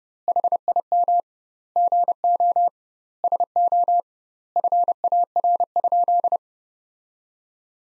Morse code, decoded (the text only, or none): HIM GO SO FAR?